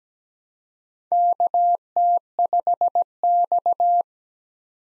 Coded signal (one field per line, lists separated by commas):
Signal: Morse code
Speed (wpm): 17 wpm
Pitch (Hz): 700 Hz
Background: none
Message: KT5X